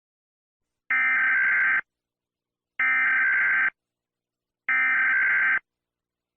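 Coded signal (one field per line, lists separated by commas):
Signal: Emergency Alert System (SAME) tones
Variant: header bursts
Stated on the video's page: Fictional EAS scenario.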